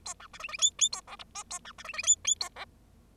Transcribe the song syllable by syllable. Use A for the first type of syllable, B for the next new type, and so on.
A B C D D E E A F G H A B C D D E E A F